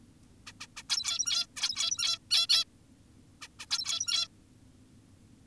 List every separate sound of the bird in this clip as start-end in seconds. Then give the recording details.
0.47-0.52, 0.61-0.67, 0.77-0.83, 0.90-1.46, 1.56-2.18, 2.31-2.47, 2.48-2.64, 3.42-3.48, 3.60-3.66, 3.70-4.28. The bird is an adult. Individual g17y2U